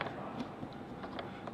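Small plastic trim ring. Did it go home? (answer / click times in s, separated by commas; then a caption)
yes / 0.0 s, 1.2 s, 1.5 s. Plastic half-moon trim ring halves are pressed onto the frame of a Ketch TrapDoor hatch on a Bonafide PWR129 kayak. Sharp snapping clicks sound at 0.0, 1.2 and 1.5 seconds over low background noise. The ring pieces snap into place and are seated.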